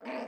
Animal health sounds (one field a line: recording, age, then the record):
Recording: pig call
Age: piglet (1 to 25 days)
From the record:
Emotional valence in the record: negative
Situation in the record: restrain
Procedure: in the arms of a person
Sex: female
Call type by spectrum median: low-frequency call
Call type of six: low-frequency stable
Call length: 0.28 s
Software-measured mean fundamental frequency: 64 Hz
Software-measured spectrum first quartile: 463 Hz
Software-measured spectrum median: 708 Hz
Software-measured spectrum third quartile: 1482 Hz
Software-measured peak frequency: 640 Hz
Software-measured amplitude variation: 108 dB a second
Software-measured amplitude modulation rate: 12.7 a second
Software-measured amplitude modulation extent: 8.5 dB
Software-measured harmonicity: 1.4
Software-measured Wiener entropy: -0.93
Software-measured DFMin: 1323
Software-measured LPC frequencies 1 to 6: 610, 1913, 2419, 4553, 5065, 8139 Hz